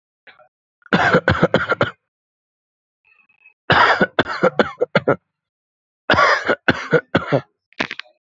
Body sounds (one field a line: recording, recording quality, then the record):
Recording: heavy voluntary cough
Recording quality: excellent, no background noise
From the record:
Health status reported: healthy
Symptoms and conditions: hypertension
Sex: male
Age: 27 years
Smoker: not ticked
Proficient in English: yes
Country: India